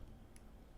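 A watch crown with its stem fitted, a screw-down crown meant for better water resistance, is pushed into the watch case with a little push. A single short, faint, high tick at 0.4 s stands out over a low steady background hum. The stem clicks into the movement and is seated.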